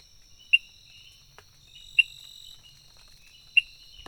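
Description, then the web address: Frog, three sharp clicking notes about one and a half seconds apart, with steady insect trilling underneath. Recorded 23 June 2018, between 18:00 and 20:00. "frog rec 18-20 20180623"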